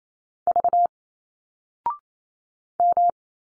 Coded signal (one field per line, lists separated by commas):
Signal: Morse code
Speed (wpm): 28 wpm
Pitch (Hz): 700 Hz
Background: none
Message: V M